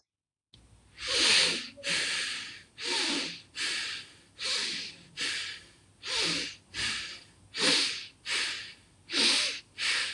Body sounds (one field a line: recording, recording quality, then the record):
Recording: shallow breathing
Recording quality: excellent, no background noise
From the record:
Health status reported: exposed to COVID-19, no respiratory illness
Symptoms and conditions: none ticked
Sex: male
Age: 30 years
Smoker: not ticked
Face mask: not worn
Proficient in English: yes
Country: India